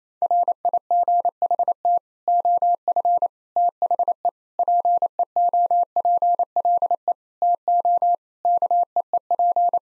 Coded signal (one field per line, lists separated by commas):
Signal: Morse code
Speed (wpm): 28 wpm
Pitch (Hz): 700 Hz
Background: none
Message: RIGHT OF THE PEOPLE TO KEEP